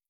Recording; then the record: hydrophone in a shrimp aquaculture tank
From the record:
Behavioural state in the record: stressed